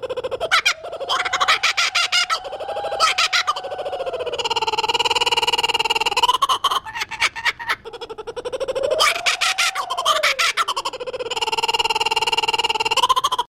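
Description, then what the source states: Kookaburra laughing chorus: rolling pulsed chuckles with rising and falling hoots, interrupted by loud ratcheting cackle bursts, repeated over about thirteen seconds. A ringtone of the call.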